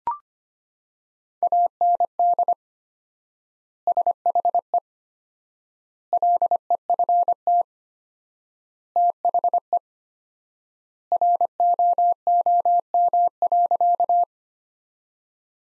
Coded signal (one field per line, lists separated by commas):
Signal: Morse code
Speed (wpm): 25 wpm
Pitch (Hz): 700 Hz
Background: none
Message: AND SHE LEFT THE ROOM.